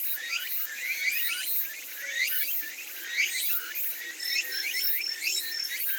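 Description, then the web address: Many birds twittering together, dense rising chirps and squeaks overlapping continuously, with a brief series of thin whistled notes partway through. "yacho koe"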